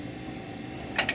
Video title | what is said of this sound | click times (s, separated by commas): QuickJack BL-5000SLX Lifting a 1998 Honda Civic... | and there just past the second part, bring it back down, and then it locks in place. | 1.0 s, 1.1 s